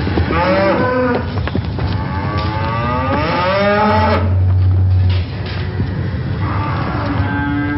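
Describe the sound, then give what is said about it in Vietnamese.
A stampeding herd of cattle bellows in loud, overlapping moos with rising and falling pitch over a constant rough rumble of hooves pounding the ground, at daybreak, raising dust; a low steady drone joins briefly midway, and no one speaks. “Bên ngoài trời đã sáng bảnh, chỉ thấy phía đông bụi bay mù trời, tiếng vó nệm xuống đất và tiếng kêu bi thảm của lũ bò hòa trộn làm một, váng trời dậy đất đổ dồn về phía chúng tôi.”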